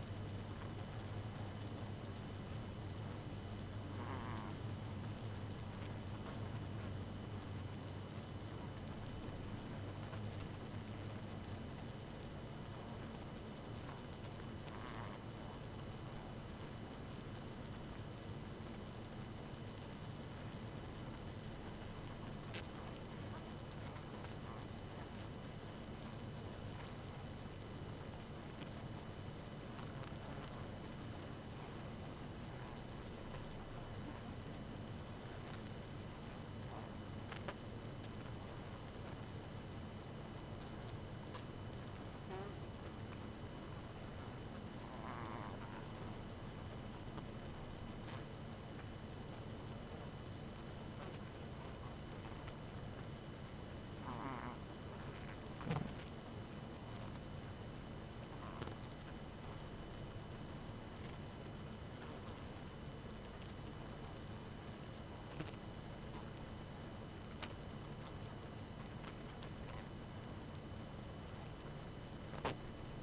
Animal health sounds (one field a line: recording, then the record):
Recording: honeybee colony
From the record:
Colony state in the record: active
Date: 12 June 2018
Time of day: 2:00